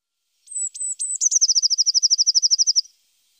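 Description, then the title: Eurasian blue tit song: three high, slurred introductory notes, then a long, fast, even trill lasting about one and a half seconds. "Pavanegra. canto del herrerillo común"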